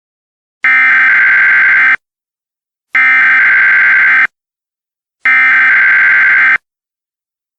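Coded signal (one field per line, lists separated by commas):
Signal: Emergency Alert System (SAME) tones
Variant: header bursts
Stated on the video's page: Fictional EAS scenario tones.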